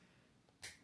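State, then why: Seated. A plastic LEGO piece is pressed down onto a toy car model after some fumbling to line it up, and it snaps home with a single sharp, bright click at 0.6 s (0.65 s). Before and after, there is only a faint, quiet background. The piece is seated.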